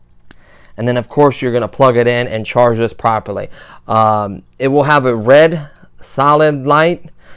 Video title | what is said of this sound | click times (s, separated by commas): Gel Erupter Z gel blaster- unboxing and FPS test | style so you would just plug this up it would clip only one way you'll hear it click | 0.3 s